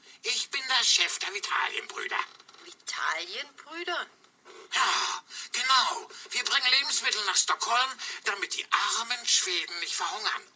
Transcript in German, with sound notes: Ich bin der Chef der Vitalienbrüder!
Vitalienbrüder?
(ereifert sich, während er spricht) Ja, genau. Wir bringen Lebensmittel nach Stockholm, damit die armen Schweden nicht verhungern!